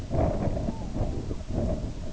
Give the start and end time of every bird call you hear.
[0.00, 1.34] Red-throated Loon

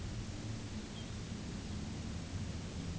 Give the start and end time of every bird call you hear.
[0.77, 1.18] Lapland Longspur

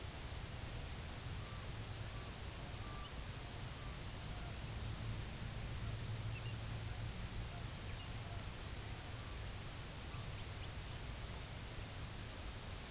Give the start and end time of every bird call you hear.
[1.22, 4.70] American Golden-plover
[6.14, 7.11] American Golden-plover
[7.38, 8.51] American Golden-plover
[8.97, 9.43] American Golden-plover
[9.93, 11.03] American Golden-plover

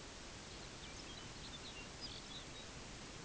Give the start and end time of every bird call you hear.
[0.34, 2.70] Lapland Longspur

